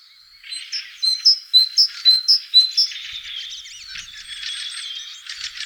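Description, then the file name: Great tit singing a clear, see-sawing pair of notes several times in a row, followed by a scratchy jumble of chatter. "Parus major"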